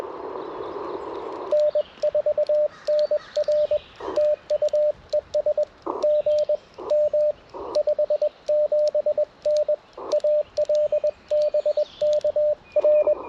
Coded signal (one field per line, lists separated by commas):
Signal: Morse code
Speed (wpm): 21 wpm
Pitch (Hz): 600 Hz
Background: radio noise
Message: N4NR TU ES GM 57N AL BK R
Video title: Morning Morse Code - 05/01/2025